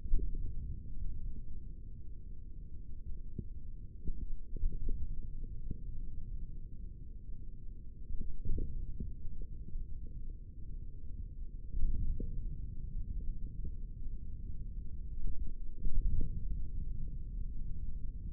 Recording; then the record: forearm muscle sounds (acoustic myography)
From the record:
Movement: index flexion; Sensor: system 3, bracelet of six PUI Audio POM-2738L microphones around the upper forearm, with dedicated amplification and filtering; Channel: 6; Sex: male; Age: 23 years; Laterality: right